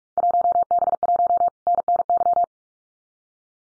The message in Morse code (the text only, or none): 1B1 NNY